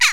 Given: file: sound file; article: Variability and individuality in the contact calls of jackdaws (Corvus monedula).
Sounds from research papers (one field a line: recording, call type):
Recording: jackdaw call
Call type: harmonic